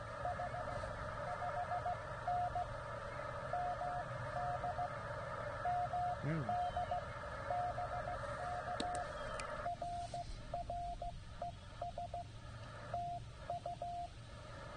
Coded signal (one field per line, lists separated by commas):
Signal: Morse code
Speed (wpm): 15 wpm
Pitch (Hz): 690 Hz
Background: radio noise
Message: S 5N MD MD BK R R ES TU